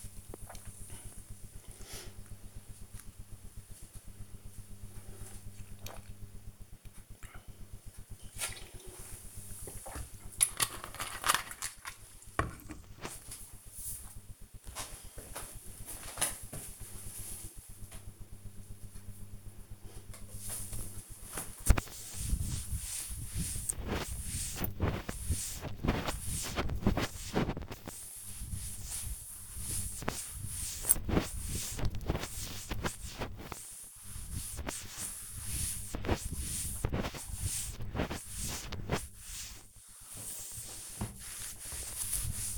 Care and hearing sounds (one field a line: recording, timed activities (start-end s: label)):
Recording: household activities, microphone on the right wrist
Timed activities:
0.00-10.61 s: drinking
19.70-42.58 s: cleaning table